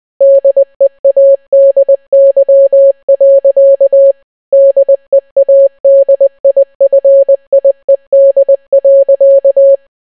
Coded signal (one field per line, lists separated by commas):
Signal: Morse code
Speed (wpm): 20 wpm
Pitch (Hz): 550 Hz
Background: none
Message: DEADY. DEADIFIED.